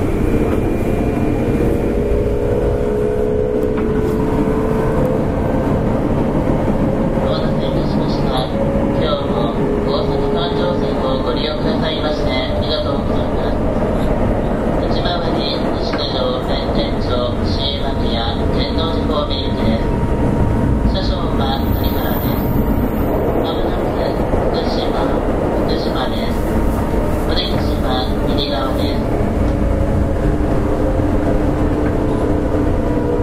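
Running sound of a JR 201 series train on the Osaka Loop Line: a thick, steady low rumble that never lets up. A faint motor whine glides early on, and from about seven seconds bright, rapid ticking comes in repeated clusters, like wheels clattering over rail joints.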